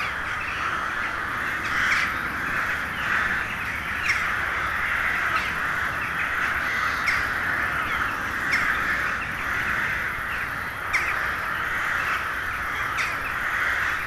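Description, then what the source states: Crows calling in a dense crowd, harsh caws blending into a steady chorus punctuated by sharp individual calls. Hundreds of crows settling to roost for the night in a poplar wood at Neuflize, in winter at nightfall.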